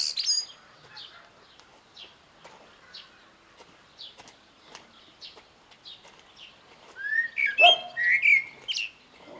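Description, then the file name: Eurasian blackbird: soft, repeated high chips for several seconds, then a full fluted song phrase from about seven seconds with rising whistles and a squeaky ending. "Turdus merula"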